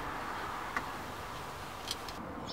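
The wiring connector fitted to the bottom of an electronic gas pedal (accelerator pedal) from a BMW X5 E53, E46, E38 or E39 has its latch pressed shut. Two sharp clicks sound at 0.8 s and 1.9 s over a steady background hiss. The latch snaps closed and the connector is seated.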